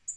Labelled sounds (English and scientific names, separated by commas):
Tennessee Warbler (Leiothlypis peregrina) flight call